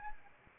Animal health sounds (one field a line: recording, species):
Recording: mosquito wingbeat signal from an infrared sensor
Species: Anopheles arabiensis